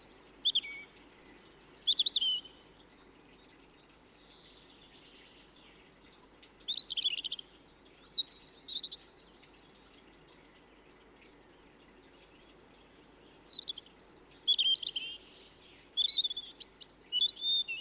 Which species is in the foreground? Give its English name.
European Robin